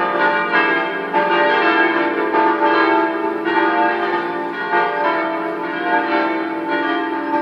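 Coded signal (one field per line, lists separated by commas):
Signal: bell signal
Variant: five-bell swinging peal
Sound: several large church bells swinging and ringing together in a continuous festive peal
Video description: concerto di cinque campane mezz' ora prima della messa 18:30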